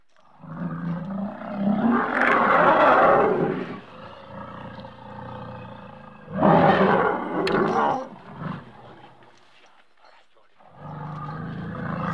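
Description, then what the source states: Elephant trumpeting: two loud, harsh blasts a few seconds apart, then a third begins at the end. Angry trumpeting.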